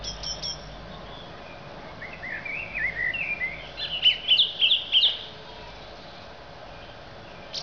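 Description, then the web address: Song Thrush song: thin, high squeaky notes, then a busy stretch of chattering, scratchy twitters that build toward the end before falling quiet. "Zingende lijster"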